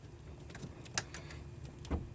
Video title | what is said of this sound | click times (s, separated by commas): BJ's Off-Road Turn Signal Switch In Column 1976-1991 Full Size Jeep | locks itself into place | 1.0 s